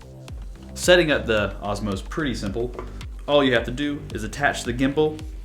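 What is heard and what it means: The gimbal camera head of a DJI Osmo is being attached to its gimbal handle while someone talks over background music, with a brief sharp tick near 0.3 s. Nothing has seated or clicked into place yet.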